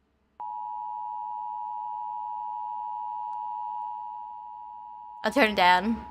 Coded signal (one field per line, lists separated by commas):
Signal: Emergency Alert System (SAME) tones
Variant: 853 and 960 Hz attention tone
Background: speech